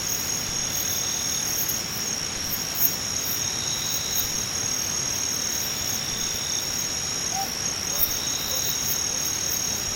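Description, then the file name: Singing insects produce an unbroken, high-pitched trilling chorus with rapid pulses on top, a few brief louder chirps scattered through. "nakumushi"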